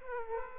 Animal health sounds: mosquito wingbeat signal from an infrared sensor; Aedes aegypti

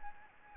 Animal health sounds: mosquito wingbeat signal from an infrared sensor; Anopheles arabiensis

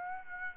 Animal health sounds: mosquito wingbeat signal from an infrared sensor; Aedes aegypti

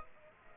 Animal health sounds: mosquito wingbeat signal from an infrared sensor; Aedes aegypti

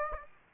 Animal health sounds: mosquito wingbeat signal from an infrared sensor; Aedes aegypti

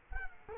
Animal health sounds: mosquito wingbeat signal from an infrared sensor; Culex quinquefasciatus

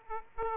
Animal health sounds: mosquito wingbeat signal from an infrared sensor; Aedes aegypti

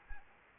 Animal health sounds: mosquito wingbeat signal from an infrared sensor; Anopheles arabiensis

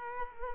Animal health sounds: mosquito wingbeat signal from an infrared sensor; Culex quinquefasciatus

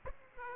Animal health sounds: mosquito wingbeat signal from an infrared sensor; Aedes aegypti

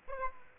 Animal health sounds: mosquito wingbeat signal from an infrared sensor; Aedes aegypti

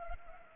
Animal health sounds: mosquito wingbeat signal from an infrared sensor; Culex pipiens

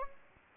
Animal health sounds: mosquito wingbeat signal from an infrared sensor; Anopheles gambiae

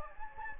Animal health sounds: mosquito wingbeat signal from an infrared sensor; Anopheles gambiae

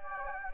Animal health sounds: mosquito wingbeat signal from an infrared sensor; Anopheles gambiae

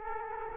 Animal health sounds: mosquito wingbeat signal from an infrared sensor; Culex quinquefasciatus

